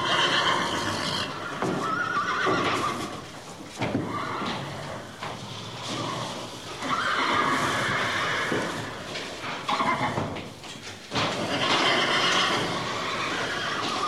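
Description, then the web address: Horse neighing repeatedly: several shrill, wavering whinnies separated by brief breaks. "лошадь"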